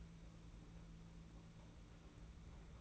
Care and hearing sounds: daily activity, microphone in the room; take from stove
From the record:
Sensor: 1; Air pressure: 991.9 hPa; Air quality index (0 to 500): 216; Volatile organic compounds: 1000 ppm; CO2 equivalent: 8412 ppm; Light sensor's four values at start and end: 22/77/30/30 and 22/77/30/30

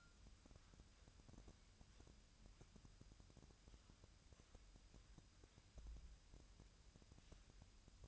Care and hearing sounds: daily activity, microphone in the room; wipe stove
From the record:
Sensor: 2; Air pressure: 1003.2 hPa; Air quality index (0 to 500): 203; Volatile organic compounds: 6 ppm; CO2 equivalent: 1926 ppm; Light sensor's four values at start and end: 8/18/7/8 and 7/18/7/8

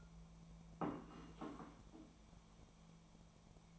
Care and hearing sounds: daily activity, microphone in the room; place plate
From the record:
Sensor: 1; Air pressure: 1000.3 hPa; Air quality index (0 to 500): 146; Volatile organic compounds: 3 ppm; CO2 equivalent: 1365 ppm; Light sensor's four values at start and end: 28/69/29/35 and 28/70/30/36

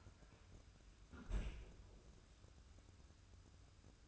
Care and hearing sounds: daily activity, microphone in the room; close fridge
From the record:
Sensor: 2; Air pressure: 994.3 hPa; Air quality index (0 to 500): 212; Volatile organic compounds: 1000 ppm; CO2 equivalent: 7030 ppm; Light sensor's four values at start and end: 90/212/88/87 and 98/232/96/97

